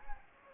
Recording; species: mosquito wingbeat signal from an infrared sensor; Anopheles gambiae